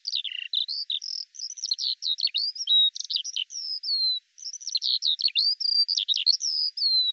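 Eurasian skylark song: fast, tumbling twitters and sharp chirps interspersed with a few drawn-out whistled notes, with one brief pause midway before the stream resumes.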